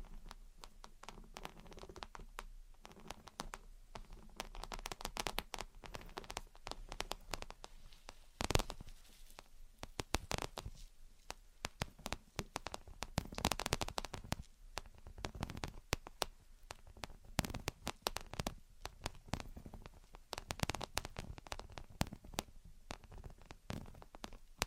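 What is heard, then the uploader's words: Gentle tapping and scratching in dense, irregular bursts of crisp clicks and scrapes, with a few sharper taps near nine and sixteen seconds. Gentle Tapping and Scratching. (No Talking).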